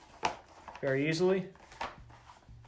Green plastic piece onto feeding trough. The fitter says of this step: Now it should snap in